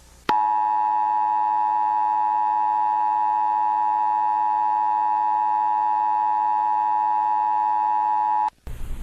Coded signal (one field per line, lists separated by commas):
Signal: Emergency Alert System (SAME) tones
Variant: 853 and 960 Hz attention tone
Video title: reupload of a shitty eas scenario remake from november 2024